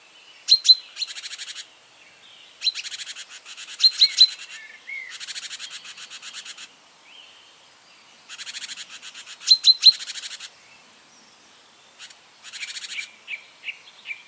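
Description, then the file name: Great tit calling: sharp high notes followed by dry, buzzy churring rattles, repeated in bursts every few seconds, with some softer chirps between. "Parus major"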